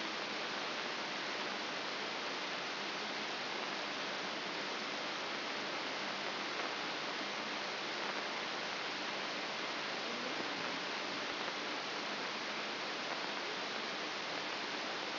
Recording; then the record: brain microelectrode recording played as sound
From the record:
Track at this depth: inside the subthalamic nucleus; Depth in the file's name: 3.502 mm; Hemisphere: left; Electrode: 3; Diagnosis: Parkinson's disease